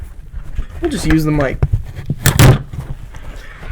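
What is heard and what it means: A RAM module is pressed into a motherboard DIMM slot with the microphone held close while someone talks. Its plastic retention clips snap shut with two sharp clicks at 2.3 s and 2.4 s, and the module is seated properly.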